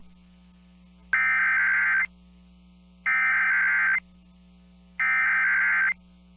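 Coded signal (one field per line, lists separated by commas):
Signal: Emergency Alert System (SAME) tones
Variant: header bursts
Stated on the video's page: Tsunami Warning for the Alaska Peninsula received on NOAA Weather Radio.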